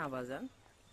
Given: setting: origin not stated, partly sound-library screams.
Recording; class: one-second piece from a danger detection set; normal situation